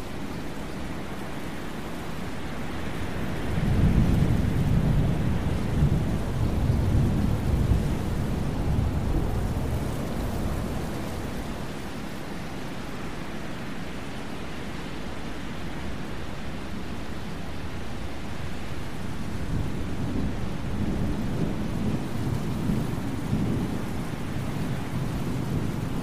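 A thunderstorm with steady rain hiss and a deep rolling rumble of thunder swelling around four seconds, fading, then rumbling again near twenty.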